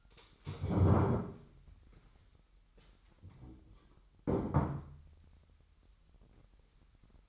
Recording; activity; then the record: daily activity, microphone in the room; stand up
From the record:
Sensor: 3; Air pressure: 998.4 hPa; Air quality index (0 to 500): 130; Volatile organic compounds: 4 ppm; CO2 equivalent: 1550 ppm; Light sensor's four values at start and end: 12/30/12/13 and 13/31/13/14